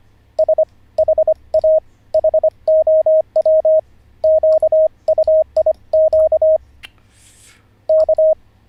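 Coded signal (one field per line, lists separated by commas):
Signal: Morse code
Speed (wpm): 24 wpm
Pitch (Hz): 630 Hz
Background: radio noise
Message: S HA HOW QUIQ K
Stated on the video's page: Live Morse code learning session, day 44 of a lesson series.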